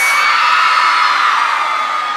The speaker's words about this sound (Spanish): Quiero escuchar el grito de todas las mujeres calientes.